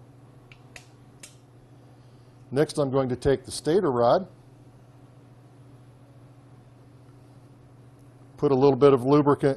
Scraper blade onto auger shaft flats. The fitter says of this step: flats are allowed to blade to go on and then lock into place they just easily snap on next